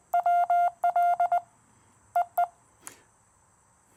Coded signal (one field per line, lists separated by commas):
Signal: Morse code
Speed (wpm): 20 wpm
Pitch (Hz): 700 Hz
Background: none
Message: WL EE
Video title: POTA Test: Exploring the QMX High-Band & Lightweight Explorer Carbon Fiber Mast!